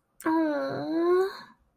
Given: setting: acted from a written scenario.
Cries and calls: vocal sound without words; sympathy

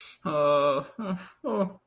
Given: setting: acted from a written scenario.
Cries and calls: vocal sound without words; fear

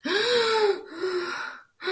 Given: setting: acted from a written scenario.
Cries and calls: vocal sound without words; negative surprise

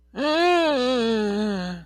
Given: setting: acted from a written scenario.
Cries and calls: vocal sound without words; fear

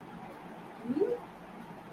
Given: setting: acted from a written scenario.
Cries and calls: vocal sound without words; desire

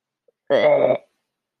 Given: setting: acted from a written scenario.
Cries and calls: vocal sound without words; disgust

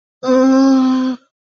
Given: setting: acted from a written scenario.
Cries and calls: vocal sound without words; distress

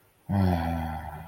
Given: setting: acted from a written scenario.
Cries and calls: vocal sound without words; serenity

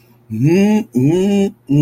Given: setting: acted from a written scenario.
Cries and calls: vocal sound without words; desire

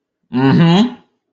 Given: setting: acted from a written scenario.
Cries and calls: vocal sound without words; pride

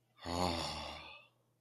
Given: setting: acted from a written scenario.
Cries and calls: vocal sound without words; awe

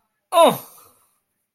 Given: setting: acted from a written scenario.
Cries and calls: vocal sound without words; triumph

